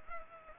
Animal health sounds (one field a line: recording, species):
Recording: mosquito wingbeat signal from an infrared sensor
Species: Culex pipiens